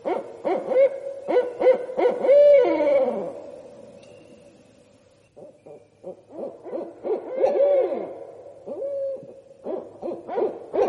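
Barred Owl calling in a raucous bout of rapid hoots and wavering, descending cries, a pause, then more cackling hoots.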